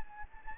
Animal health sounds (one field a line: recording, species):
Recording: mosquito wingbeat signal from an infrared sensor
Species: Anopheles gambiae